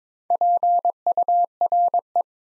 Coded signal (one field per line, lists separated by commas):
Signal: Morse code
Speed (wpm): 22 wpm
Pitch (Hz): 700 Hz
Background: none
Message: PURE